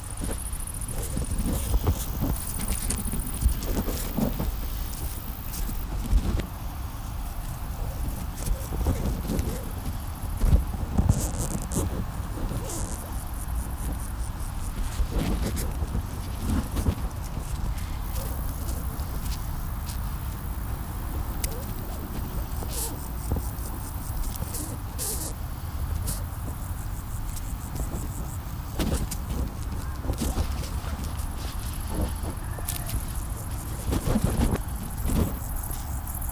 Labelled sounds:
Musk Beetle stridulation
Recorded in captivity
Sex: male
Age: imago
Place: Lübben, Spreewald, Brandenburg, DE
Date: 1997-08-06 17:27
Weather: ca. 24°C, heiter bis wolkig
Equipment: Sony MD-WM MZ-R3, Sennheiser MKH 416 T, Kopie Uher 4000 Report Monitor
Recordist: Tembrock, Günter
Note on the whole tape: Männchen: Stridulation in Hand vor Mikrofon

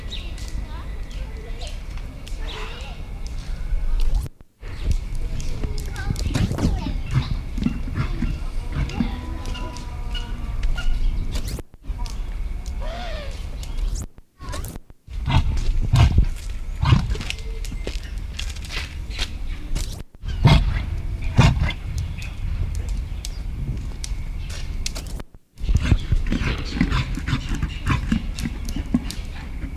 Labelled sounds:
Reindeer
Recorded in captivity
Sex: male
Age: adult
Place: Tierpark Berlin, Berlin, DE
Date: 1972-09-16 10:30
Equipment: Uher 4200 Report Monitor, Verst. I, Sennheiser MD 421
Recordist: Tembrock, Günter

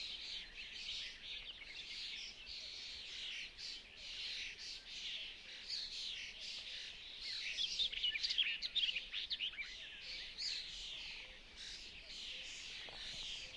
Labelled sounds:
Barred Warbler
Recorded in the wild
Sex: male
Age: adult
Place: Hobrechtsfelder Rieselfelder, Naturpark Barnim, Berlin, DE
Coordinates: 52.6667, 13.4706
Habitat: open landscape
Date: 2012-05-28 08:11
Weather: 20°C, sunny, almost windless
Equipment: Sound Devices 702, Sennheiser MKH 70, Rycote Windschutz
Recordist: Frommolt, Karl-Heinz

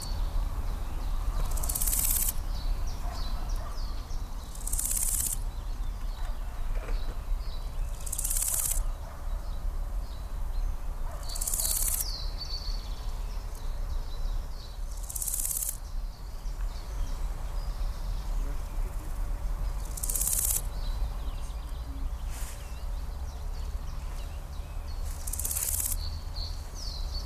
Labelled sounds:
Large Gold Grasshopper stridulation
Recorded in the wild
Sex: male
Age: adult
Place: Mühlenbecker Land, OT Buchhorst, Naturpark Barnim, Brandenburg, DE
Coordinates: 52.6733, 13.3925
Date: 1991-07-06 11:25
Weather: sunny, 27°C
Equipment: Marantz, Sennheiser ME 80, Kopie Tesla B 116
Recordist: Tembrock, Günter
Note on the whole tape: Fließ-Teiche bei Mühlenbeck: Stridulation mehrerer Ex

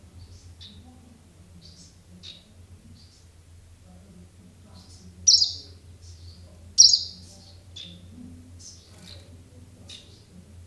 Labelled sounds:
Greenish Warbler call
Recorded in the wild
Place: Rostock, Mecklenburg-Vorpommern, DE
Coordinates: 54.092, 12.099
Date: 1971-06-16 19:30
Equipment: Nagra III BH, Sennheiser MD 21
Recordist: Schubert, Michael

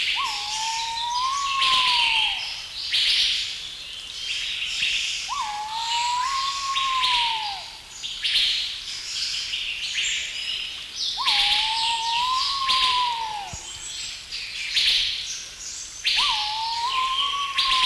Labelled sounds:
Pheasant Pigeon call
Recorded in captivity
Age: adult
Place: Zoo Berlin, Berlin, DE
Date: 1994-01-15
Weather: wechselnd wolkig, +5 °C
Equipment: Marantz CP 430, Sennheiser MKH 416 T, Kopie Uher Variocord 263
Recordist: Tembrock, Günter
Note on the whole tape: Längere Strecke von Dehnungslauten

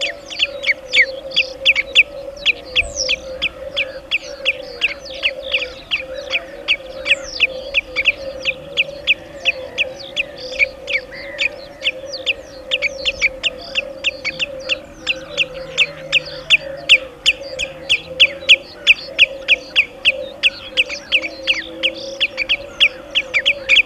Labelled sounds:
Common Redshank alarm call
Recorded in the wild
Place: Holdenlacke, AT
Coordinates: 47.7728, 16.9197
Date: 1972-05-07
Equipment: Uher Report 4200, AKG D190C in Doppel-Parabolreflektor
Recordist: Krey, Winfried

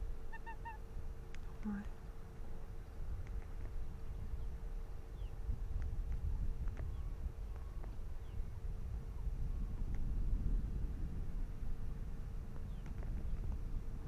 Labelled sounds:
Arctic Fox
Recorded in the wild
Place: Insel Mednyi, Kommandeur-Inseln, RU
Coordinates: 54.5167, 168.083
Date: 1999-07-29 18:32
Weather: 10°C, dichter Nebel, schwacher Westwind
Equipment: Sony WM-D6C, Sennheiser ME 80, K 30 AV, Windkorb, Kopie Tascam DA 30
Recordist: Jakupi, Antje
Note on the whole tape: Südosten der Insel, Haupttal, Bambusstange: Wechselbellen. Ein Tier aus dem Hüttental, ein Tier vom Sattel, ein Tier vom Robbenkamm

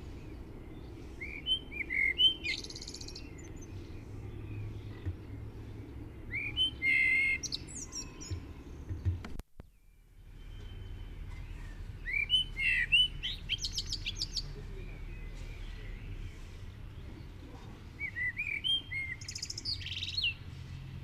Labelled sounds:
Common Blackbird song
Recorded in the wild
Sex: male
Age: adult
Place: Garmisch-Partenkirchen, Bayern, DE
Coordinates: 47.5039, 11.0858
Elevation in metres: 691
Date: 1975-03-05
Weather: Sonne, warme Temperaturen
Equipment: Nagra IV, Sennheiser MKH 405, Parabolreflektor
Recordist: Tretzel, Erwin

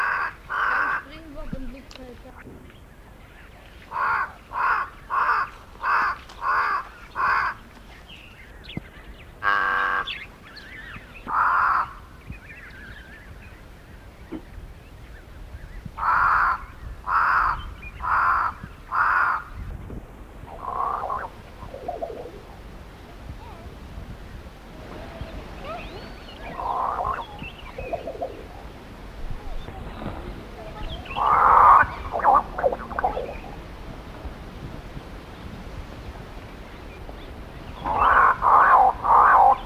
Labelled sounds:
Pied Crow call
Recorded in the wild
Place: Etosha National Park
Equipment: Halbspur, 9,5 cm/s
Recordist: Lütgens, Hans

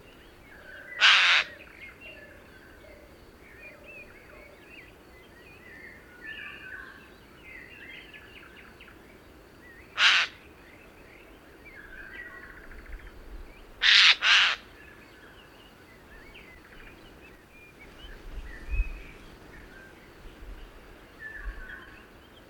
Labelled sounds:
Eurasian Jay call
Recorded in the wild
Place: Dumbraveni, Transilvania, RO
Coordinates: 46.23, 24.575
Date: 1976-06-05 18:00
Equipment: Nagra III BH, Sennheiser MD 21, parabola
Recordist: Schubert, Michael

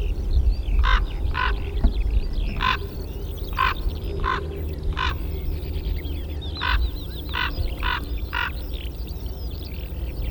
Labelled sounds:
Common Raven alarm call
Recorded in the wild
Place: Putbus, Insel Rügen, Mecklenburg-Vorpommern, DE
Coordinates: 54.382, 13.483
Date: 1977-05-10
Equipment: Nagra III BH, Sennheiser MD 21, parabola
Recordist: Schubert, Michael

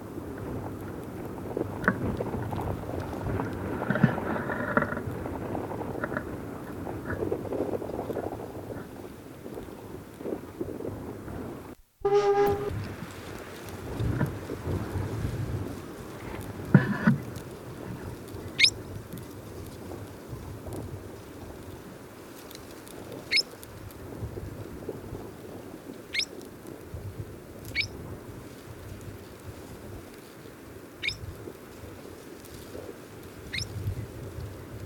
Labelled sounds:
Henderson's Ground Jay call
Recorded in the wild
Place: Wüste Gobi, MN
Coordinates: 42.795, 105.032
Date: 1979-05-31 17:30
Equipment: Nagra III BH, Sennheiser MD 21, parabola
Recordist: Schubert, Michael
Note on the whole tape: Wüstenlaufhäher Triller und "psuit"-Rufe

